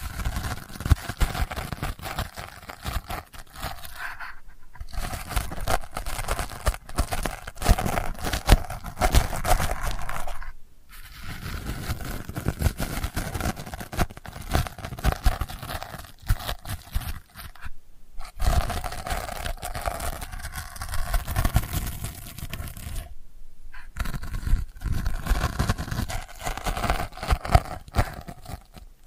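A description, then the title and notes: Delicate scratching, dense and busy with rough tearing and crinkling textures, broken by brief silent pauses near 4, 10, 18 and 23 seconds. ASMR Delicate Scratching for Sleep (No Talking).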